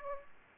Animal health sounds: mosquito wingbeat signal from an infrared sensor; Aedes aegypti

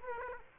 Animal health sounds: mosquito wingbeat signal from an infrared sensor; Aedes aegypti

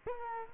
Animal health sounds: mosquito wingbeat signal from an infrared sensor; Culex quinquefasciatus

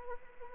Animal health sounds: mosquito wingbeat signal from an infrared sensor; Anopheles arabiensis

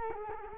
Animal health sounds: mosquito wingbeat signal from an infrared sensor; Culex quinquefasciatus

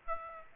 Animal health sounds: mosquito wingbeat signal from an infrared sensor; Aedes aegypti

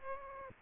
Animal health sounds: mosquito wingbeat signal from an infrared sensor; Aedes aegypti

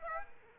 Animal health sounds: mosquito wingbeat signal from an infrared sensor; Aedes aegypti

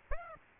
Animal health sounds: mosquito wingbeat signal from an infrared sensor; Aedes aegypti

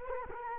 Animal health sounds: mosquito wingbeat signal from an infrared sensor; Culex quinquefasciatus

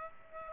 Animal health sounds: mosquito wingbeat signal from an infrared sensor; Aedes aegypti

